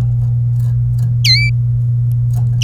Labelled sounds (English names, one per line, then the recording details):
Domestic Canary song
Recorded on 27 April 2018 at 07:50
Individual llb3